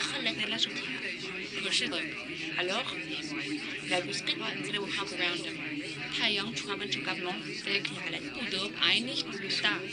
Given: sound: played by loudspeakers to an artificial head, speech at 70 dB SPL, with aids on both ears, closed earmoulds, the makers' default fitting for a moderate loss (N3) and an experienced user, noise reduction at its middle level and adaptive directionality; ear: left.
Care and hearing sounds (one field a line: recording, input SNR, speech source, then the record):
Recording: speech test signal (ISTS) in cocktail-party noise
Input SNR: -3 dB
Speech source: in front (0 degrees)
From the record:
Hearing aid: class 2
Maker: D